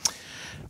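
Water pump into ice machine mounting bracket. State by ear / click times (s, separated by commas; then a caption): seated / 0.1 s. A plastic water pump for a Manitowoc Indigo ice machine is pushed up into its mounting bracket and snaps into place with a single sharp click at 0.1 s. A faint, steady hiss follows as the pump sits seated in its mount.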